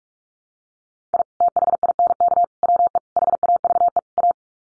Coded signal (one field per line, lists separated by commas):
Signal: Morse code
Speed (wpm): 44 wpm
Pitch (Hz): 700 Hz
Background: none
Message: I THINK WE HAVE A